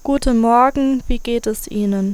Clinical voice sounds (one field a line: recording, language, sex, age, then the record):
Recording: spoken sentence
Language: German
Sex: female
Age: 20 to 29 years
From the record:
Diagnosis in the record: healthy voice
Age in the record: 22 years